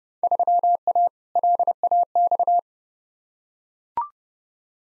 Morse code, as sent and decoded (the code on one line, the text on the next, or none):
...-- .- / .-.. .- -..-
3A LAX